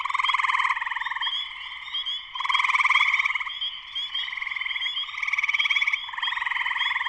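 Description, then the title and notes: Spring peeper chorus with ceaseless shrill peeping and overlapping pulsed trills that swell strongly, then ease, several times. Spring peepers in full chorus shortly after sunset, Sleeping Bear Dunes National Lakeshore, northern Michigan, USA. "Spring peepers (chorus frogs) in concert. Spring peepers (chorus frogs) in full chorus shortly after sunset in the Sleeping Bear Dunes National Lakeshore in northern Michigan, USA. Recorded by Darrin Wassom. Part of the Music for Sleep project"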